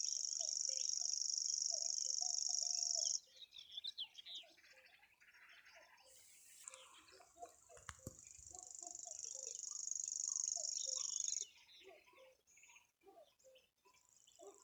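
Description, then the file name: Common grasshopper warbler reeling: a high mechanical trill for about three seconds, then breaks off amid other calls, resumes and stops again later. "reti tucsokmadar hangja"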